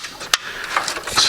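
A plastic push-in retainer clip holding a factory air deflector is pressed into a tight mounting hole in a Mustang's radiator support, behind the battery tray. A sharp click sounds at 0.3 s, followed by a few softer knocks and rustles. The clip has only started and is not fully seated.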